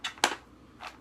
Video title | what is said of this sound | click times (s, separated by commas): WITB Bargains for Captain Solo | snaps right into that. | 0.1 s, 0.2 s